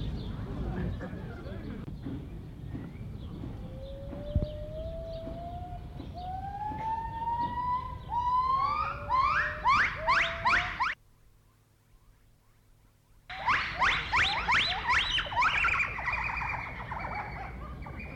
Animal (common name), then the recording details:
Northern White-cheeked Gibbon. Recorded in captivity. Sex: diverse. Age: diverse. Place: Zoo Leipzig, Sachsen, DE. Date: 1976-05-27. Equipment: Uher CR 210, Sennheiser MD 421 HL, Verstärker, Kopie Uher Variocord. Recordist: Tembrock, Günter. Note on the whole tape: H.leucogenys: Strophen des Weibchens, Männchen fallen ein. Ein Männchen bei Weibchen, das andere isoliert, Paar ist nach Tem. subadult. Aussteuerung von Tem. kurzzeitig zu stark gedrosselt (Entfernung 12 - 20 m)